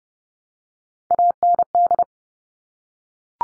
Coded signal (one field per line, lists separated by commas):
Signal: Morse code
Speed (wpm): 30 wpm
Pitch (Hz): 700 Hz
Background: none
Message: AND